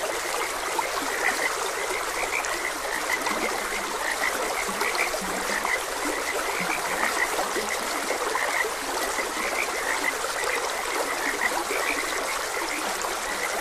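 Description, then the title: Chorus of frogs giving brief repeated croaks, some deeper notes in the middle, all set against steady running water. Frogs croaking beside a gentle stream. "Gentle Stream and Frogs Croaking"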